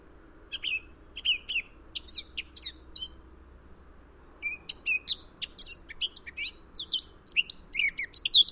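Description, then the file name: Eurasian blackcap warbling in quick, varied phrases of chirpy notes, a short burst near the start, then a longer, busier run of twittering after a brief pause. "Sylvia atricapilla"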